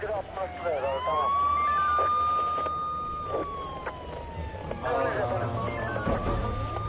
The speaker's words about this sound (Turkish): Ambulans geldi efendim.